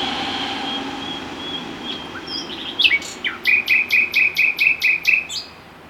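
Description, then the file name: Common nightingale song opening with a thin, drawn-out whistle, then several loud, evenly spaced notes repeated quickly in a steady run. "Luscinia megarhynchos"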